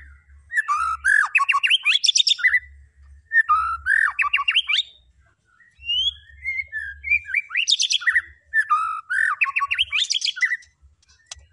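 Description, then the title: White-rumped shama giving loud bursts of rapid rising trills and varied whistles, phrases repeated in bouts separated by short silences. Lure recording of a vigorously singing white-rumped shama (murai batu gacor), meant to provoke other birds into responding. "PANCINGAN MURAI BATU GACOR"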